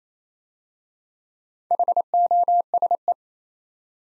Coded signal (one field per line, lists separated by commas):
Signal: Morse code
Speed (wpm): 27 wpm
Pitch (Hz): 700 Hz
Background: none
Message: HOSE